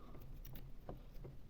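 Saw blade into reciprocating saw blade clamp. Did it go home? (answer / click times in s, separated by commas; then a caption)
no / none. A saw blade is handled at the blade clamp of a small cordless reciprocating saw while the clamp is turned, giving a few short, faint metallic taps and rattles around 0.5 s and 0.9 s over a low background hum. The blade has not yet seated or clicked into the clamp.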